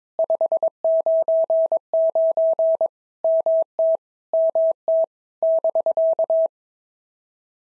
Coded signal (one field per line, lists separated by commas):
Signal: Morse code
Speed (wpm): 22 wpm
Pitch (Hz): 650 Hz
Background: none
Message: 599 MT MT <BK>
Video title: POTA QSO Practice - 22wpm